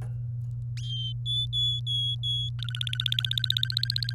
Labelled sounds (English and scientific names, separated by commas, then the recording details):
Domestic Canary (Serinus canaria) song
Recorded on 24 April 2018 at 05:54
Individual llb3